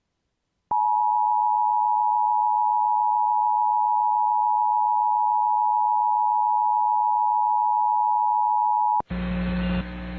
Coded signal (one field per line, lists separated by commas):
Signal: Emergency Alert System (SAME) tones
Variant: 853 and 960 Hz attention tone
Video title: EAS- North Carolina RMT (6/9/23)